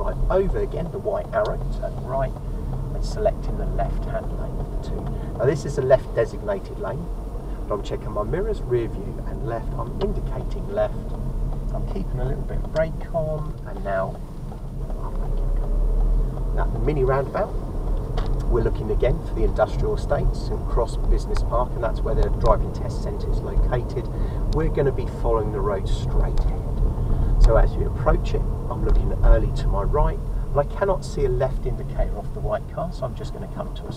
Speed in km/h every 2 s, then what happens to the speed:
24, 24, 26, 26, 26, 19, 18, 16, 18, 24, 27, 31, 31, 29, 27, 23, 16.
0-6 steady at about 24. 6-14 slows to 16. 14-19 speeds up to 27. 19-25 steady at about 31. 25-34 slows to 16.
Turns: 0-6.